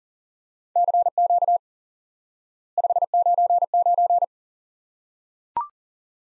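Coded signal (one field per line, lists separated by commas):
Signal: Morse code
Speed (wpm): 37 wpm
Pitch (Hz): 700 Hz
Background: none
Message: CQ 599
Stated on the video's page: Morse lesson teaching the QSO element 599 by instant word recognition.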